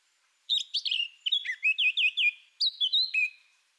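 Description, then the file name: Eurasian blackcap song: a short warbled phrase of quick, clear notes sliding downward, then a brief pause and a second, higher fluty phrase; otherwise quiet. "Sylvia atricapilla"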